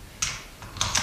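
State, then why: Seated. A magazine is pushed into the magazine well of a Blaser R8 straight-pull bolt-action rifle. A sharp hit at about 0.2 s and a softer shuffle near 0.6 s are followed by two crisp clicks at 0.8 s and 1.0 s, where the magazine latches and seats.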